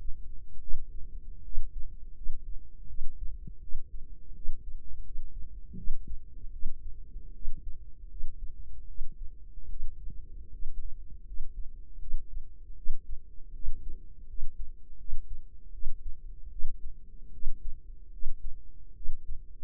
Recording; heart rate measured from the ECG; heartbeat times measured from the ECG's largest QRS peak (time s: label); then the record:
heart sounds by microphone in the right ear; 79 bpm
0.58 s: heartbeat
1.40 s: heartbeat
2.12 s: heartbeat
2.85 s: heartbeat
3.58 s: heartbeat
4.32 s: heartbeat
5.01 s: heartbeat
5.74 s: heartbeat
6.50 s: heartbeat
7.31 s: heartbeat
8.07 s: heartbeat
8.85 s: heartbeat
9.67 s: heartbeat
10.49 s: heartbeat
11.23 s: heartbeat
11.97 s: heartbeat
12.73 s: heartbeat
13.50 s: heartbeat
14.24 s: heartbeat
14.95 s: heartbeat
15.70 s: heartbeat
16.47 s: heartbeat
17.29 s: heartbeat
18.08 s: heartbeat
18.92 s: heartbeat
From the record:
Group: healthy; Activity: rest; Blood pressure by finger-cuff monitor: 125/80 mmHg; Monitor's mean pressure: 96 mmHg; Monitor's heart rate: 79 bpm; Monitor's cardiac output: 6.8 L/min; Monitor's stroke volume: 86 mL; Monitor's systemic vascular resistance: 1030 dyn s/cm5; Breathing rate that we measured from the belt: 18 breaths a minute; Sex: female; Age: 23 years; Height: 160 cm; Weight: 50.4 kg